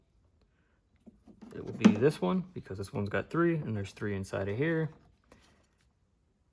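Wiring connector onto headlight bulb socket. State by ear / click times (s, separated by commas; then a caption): not seated / none. Someone talks while holding a 3-pin wiring connector up to the 3-pin headlight bulb socket of a 2015 Ford Mustang 3.7L V6 during a headlight housing replacement. The connector is handled but not yet pushed on, and nothing has seated or clicked yet.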